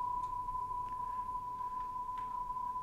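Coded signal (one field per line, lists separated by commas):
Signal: PSK31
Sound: a steady, slightly warbling single tone around 1 kHz with faint background clicks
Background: small room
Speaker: so that's basically what's coming out of the computer when you're transmitting if you listen real carefully you can hear that warbling sound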